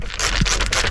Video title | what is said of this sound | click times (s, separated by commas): Replacing Heater Controller ECU - Smart Fortwo 451 Passion 84 BHP - Poor Temperature Regulation | it does all click reassuringly into position | 0.1 s, 0.4 s, 0.7 s